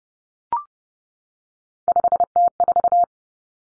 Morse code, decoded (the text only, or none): 5T4